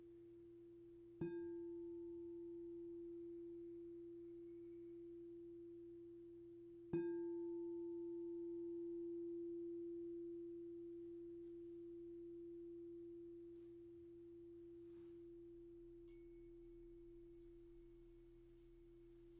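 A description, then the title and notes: A sound bath: a struck bowl rings with a steady mid tone that sustains the whole time, refreshed by new strikes near 1 and 7 seconds. Around 16 seconds a brighter, high chime enters above it, over a faint low hum. Sound Bath Soothe Session.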